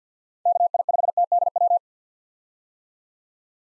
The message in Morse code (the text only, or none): KI5TDW